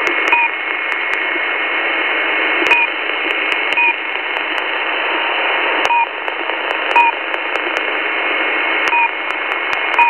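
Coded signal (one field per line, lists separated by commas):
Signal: unidentified radio signal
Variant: One Beep, Two Beeps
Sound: hissy shortwave noise with short two-tone beeps recurring roughly every one to two seconds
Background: radio static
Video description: the signal no longer has the same configuration and is now simply sending out a steady two beeps per second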